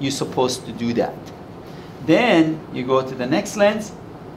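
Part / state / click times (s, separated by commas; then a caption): objective lens on the revolving nosepiece of a light microscope / not seated / none. Someone talks while handling the revolving nosepiece of a light microscope, about to turn it to the next objective lens, which must detent into place with a click or the view stays in total darkness. The clip ends before the lens goes home, so nothing has seated or clicked yet.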